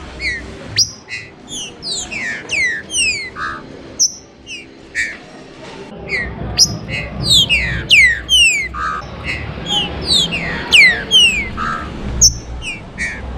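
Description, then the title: Green-winged Saltator pouring out fast, downslurred whistles and chirps over steady low background noise, the phrases running on almost continuously. "Trinca Ferro"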